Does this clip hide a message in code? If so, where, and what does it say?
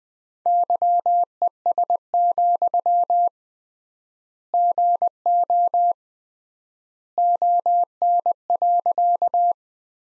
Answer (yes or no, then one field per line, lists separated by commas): yes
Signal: Morse code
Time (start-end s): 0.5-9.5 s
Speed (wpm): 21 wpm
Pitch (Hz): 700 Hz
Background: none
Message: YES, GO ON.